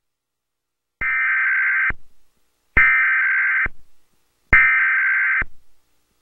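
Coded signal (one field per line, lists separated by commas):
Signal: Emergency Alert System (SAME) tones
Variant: header bursts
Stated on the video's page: Fictional civil emergency message scenario, not a real alert.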